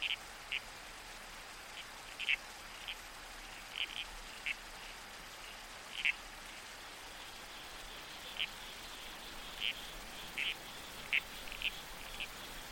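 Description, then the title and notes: Red-crowned toadlet calls, short rasping squelches at irregular intervals over a steady hiss of running water and wind. Night soundscape in the bush with a babbling creek and trees swaying in the wind. "Soundscape - Red-Crowned Toadlet. the babbling creek. the whispered sway of trees in the wind. the murmurs of the bush. Nocturnal Worlds. Australian Museum"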